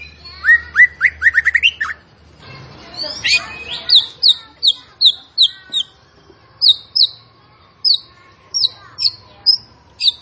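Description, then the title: Bird singing a lively run of quick rising chirps, then a steady series of sharp, high, slurred whistled notes repeated roughly every half second. Masteran (training recording for cage birds) of a bird singing gacor (actively, energetically) with tembakan-style song. "Masteran Burung Tembakan Gacor"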